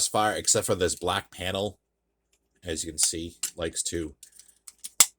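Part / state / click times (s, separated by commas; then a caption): black plastic panel into the body of a transforming robot toy / seated / 5.0 s. Someone talks, then presses a loose black plastic panel that tends to pop out back onto the body of a Leader Class Dinobot transforming robot toy. Faint ticks at about 4.5 s and 4.7 s lead to a sharp click at 5.0 s as the panel snaps and seats into place.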